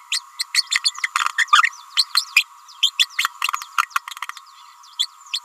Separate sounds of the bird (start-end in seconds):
0.12-0.20, 0.39-0.44, 0.54-0.63, 0.71-0.80, 0.84-0.92, 1.03-1.09, 1.37-1.49, 1.52-1.63, 1.96-2.04, 2.15-2.25, 2.82-2.90, 2.98-3.06, 3.18-3.28, 4.99-5.07, 5.33-5.39